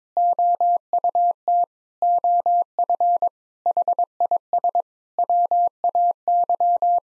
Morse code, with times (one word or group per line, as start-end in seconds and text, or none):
0.2-1.6 OUT
2.0-3.3 OF
3.7-4.8 HIS
5.2-7.0 WAY